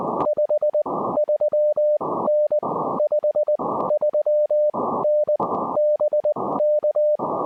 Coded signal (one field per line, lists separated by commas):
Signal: Morse code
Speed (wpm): 20 wpm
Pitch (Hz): 590 Hz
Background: none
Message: 53N 53N BK